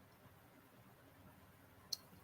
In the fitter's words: all right there you go clickbuckle you can hear the sound